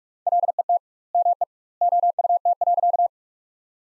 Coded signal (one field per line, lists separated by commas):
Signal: Morse code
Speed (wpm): 46 wpm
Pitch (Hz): 700 Hz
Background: none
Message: LET ME OUT.